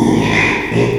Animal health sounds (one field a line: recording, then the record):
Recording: squeal of a Yucatan mini pig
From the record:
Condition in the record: after surgery on the right vocal fold (resection and tissue-engineered implant)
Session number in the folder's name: 1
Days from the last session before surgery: 6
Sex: male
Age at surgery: 12 weeks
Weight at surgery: 13 kg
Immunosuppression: cyclosporine, prednisolone